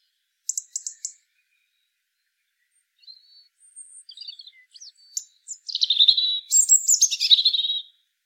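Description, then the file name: European robin song: a few thin high notes, a pause, then a long run of varied sweet twittering and trills, with no other sounds. "Erithacus rubecula"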